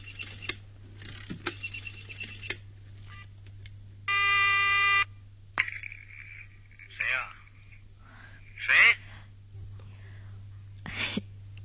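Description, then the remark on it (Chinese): A telephone being dialed: scattered clicks, then a loud, steady electronic tone lasting about a second, with soft whispered voices and faint rustling around it over a low constant hum. “来，你把电话寄给他 啊。”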